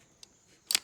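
A car door lock latch mechanism, shown engaged, is opened by hand. A light click at 0.2 s is followed by a louder, sharper click at 0.8 s as the latch releases.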